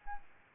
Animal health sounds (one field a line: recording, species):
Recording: mosquito wingbeat signal from an infrared sensor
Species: Aedes albopictus